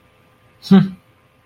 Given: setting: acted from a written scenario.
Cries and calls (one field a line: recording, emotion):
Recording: vocal sound without words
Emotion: contempt